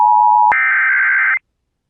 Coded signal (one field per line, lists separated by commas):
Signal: Emergency Alert System (SAME) tones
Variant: header bursts